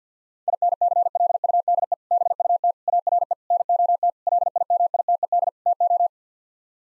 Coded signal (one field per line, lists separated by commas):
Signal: Morse code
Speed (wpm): 50 wpm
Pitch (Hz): 700 Hz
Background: none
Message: INCLUDE BUT ARE NOT LIMITED TO